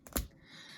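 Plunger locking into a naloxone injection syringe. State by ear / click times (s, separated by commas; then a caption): seated / 0.2 s. A naloxone syringe plunger is pushed fully down after the injection into muscle until it auto-locks. A faint tick sounds at 0.1 s, then a sharp, louder click at 0.2 s as the plunger locks in place. A quiet, steady hiss fills the rest of the clip.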